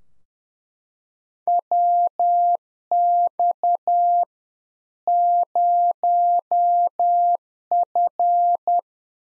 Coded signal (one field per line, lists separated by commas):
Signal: Morse code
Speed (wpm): 10 wpm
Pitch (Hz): 700 Hz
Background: none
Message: WX 0F